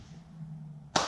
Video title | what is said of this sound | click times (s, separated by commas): Lasfit Amber Turn Signal/Marker Lights Install and Review! K1500 Upgrade | push them in turn they'll snap right in um | 1.0 s